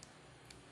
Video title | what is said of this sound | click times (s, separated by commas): Gerinda Mini Terbaik Dan Terlengkap Harganya Murah Banget | di atas hati-hati putar-putar kalau bunyi klik nih sedang Ce kalau mau | 0.0 s, 0.5 s